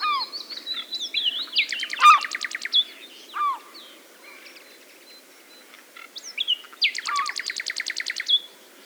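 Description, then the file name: Common nightingale song with two rapid pulsed trill bursts several seconds apart, mixed with downslurred whistles and assorted chirping notes between them. "Luscinia megarhynchos"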